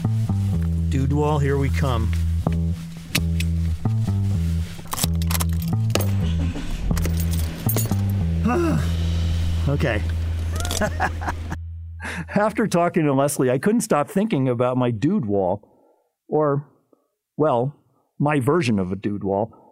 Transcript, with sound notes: Dude wall, here we come. Okay. [LAUGHS]
After talking to Leslie, I couldn’t stop thinking about my dude wall, or well, my version of a dude wall.